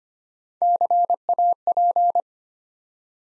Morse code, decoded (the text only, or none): CAP